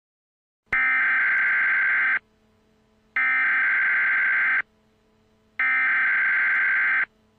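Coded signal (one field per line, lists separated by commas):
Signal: Emergency Alert System (SAME) tones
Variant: header bursts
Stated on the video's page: Fake tornado warning alert modeled on a real warning.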